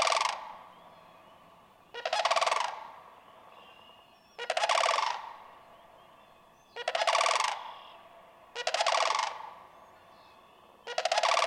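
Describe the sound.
Sandhill crane calls rhythmically, six loud rolling rattles spaced about two seconds apart, harsh and trumpeting, with faint bird chirps underneath.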